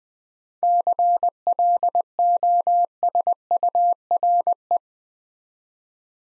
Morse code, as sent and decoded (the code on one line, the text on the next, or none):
-.-. .-.. --- ... ..- .-. .
CLOSURE